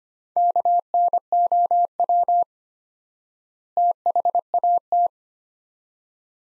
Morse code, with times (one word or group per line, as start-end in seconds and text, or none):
0.4-2.4 KNOW
3.8-5.1 THAT